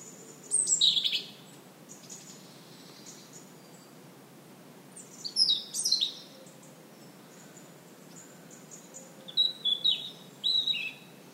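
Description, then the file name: European robin song in several short bursts of high, jingling, tumbling notes, separated by stretches of near silence. "Erithacus rubecula"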